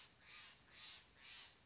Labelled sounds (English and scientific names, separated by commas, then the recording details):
Steller's Jay (Cyanocitta stelleri)
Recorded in Sonoma County, California